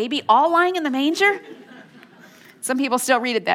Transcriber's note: laughter